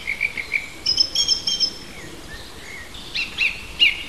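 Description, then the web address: Bird uttering a run of thin, high whistled notes, then higher notes and a few sharp chirps toward the end, faint hiss underneath. Native birds in a hedge, recorded in March. "oeko hecke vogel maerz vogel heimisch"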